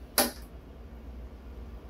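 A freshly flat-cut plastic tube is pushed snugly down into the venturi fitting on an inkjet printer filter assembly. A single sharp, bright click is heard at 0.2 s, followed by quiet background hum. The tube is seated, and the click confirms it won't leak once pressure is turned on.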